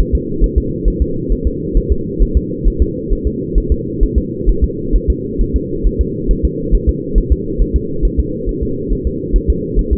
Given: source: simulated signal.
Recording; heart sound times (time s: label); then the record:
fetal heart sounds
0.00 s: S1
0.15 s: S2
0.44 s: S1
0.58 s: S2
0.88 s: S1
1.02 s: S2
1.32 s: S1
1.47 s: S2
1.77 s: S1
1.92 s: S2
2.22 s: S1
2.37 s: S2
2.67 s: S1
2.82 s: S2
3.12 s: S1
3.27 s: S2
3.58 s: S1
3.72 s: S2
4.03 s: S1
4.18 s: S2
4.49 s: S1
4.64 s: S2
4.95 s: S1
5.10 s: S2
5.41 s: S1
5.56 s: S2
5.86 s: S1
6.01 s: S2
6.31 s: S1
6.45 s: S2
6.75 s: S1
6.89 s: S2
7.18 s: S1
7.32 s: S2
7.61 s: S1
7.76 s: S2
8.05 s: S1
8.19 s: S2
8.49 s: S1
8.63 s: S2
8.92 s: S1
9.07 s: S2
9.36 s: S1
9.50 s: S2
9.79 s: S1
9.93 s: S2
From the record:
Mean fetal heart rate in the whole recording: 135 bpm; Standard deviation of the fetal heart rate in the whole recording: 3 bpm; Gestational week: 36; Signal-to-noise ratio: -6.6 dB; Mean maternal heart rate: 72 bpm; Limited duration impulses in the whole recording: present